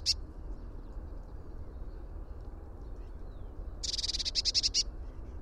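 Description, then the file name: Eurasian blue tit calls: a single brief high note, then later a short burst of rapid high notes, over a steady low rumble. "Cyanistes caeruleus"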